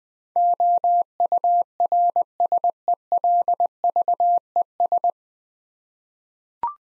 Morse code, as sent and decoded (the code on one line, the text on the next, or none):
--- ..- .-. ... . .-.. ...- . ...
OURSELVES